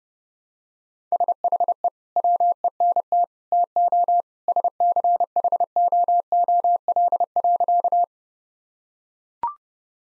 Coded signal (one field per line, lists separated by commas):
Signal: Morse code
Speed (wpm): 31 wpm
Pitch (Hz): 700 Hz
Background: none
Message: SHE WENT TO SCHOOL.